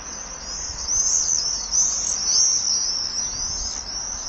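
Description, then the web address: Common swift screams: a sustained, very high, buzzy trill with rising and falling wavers, growing louder after the first second. "Common swift. صدای-پرنده-بادخورک-معمولی"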